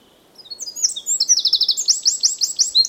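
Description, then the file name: Eurasian wren song: a fast, shrill series of buzzy trills and ringing high notes, moving into a rapid repeated rattle that continues to the end. "Dmitry Kulakov - Krapivnik Troglodytes troglodytes"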